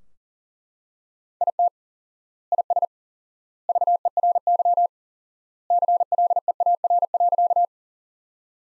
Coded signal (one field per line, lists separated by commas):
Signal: Morse code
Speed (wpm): 40 wpm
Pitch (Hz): 700 Hz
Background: none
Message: IT IS VERY CLEAR.